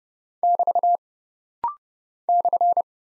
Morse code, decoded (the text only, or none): <BT> /